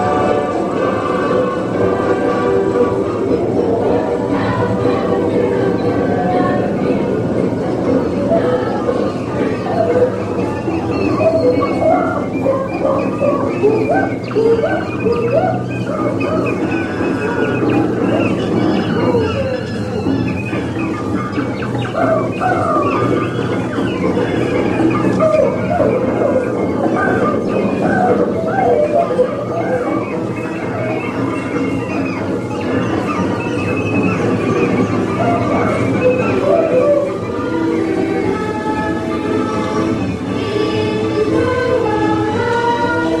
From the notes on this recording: a trip to Disneyland